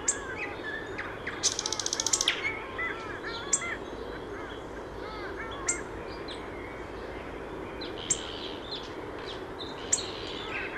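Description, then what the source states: Common nightingale singing varied phrases: clear whistles, a loud fast rattle, and sharp scattered notes, with other birds calling over a steady background hiss. One of spring's first nightingales, singing low down at Lahdelma in late April or early May; a long-tailed duck flock and an alarm-calling starling also present.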